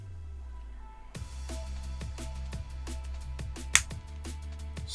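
A tight-fitting fuse holder is pressed into its custom footprint on a printed circuit board and seats with a single loud, sharp snap at 3.8 s. Rhythmic electronic music with regular beats plays in the background from about 1.1 s onward.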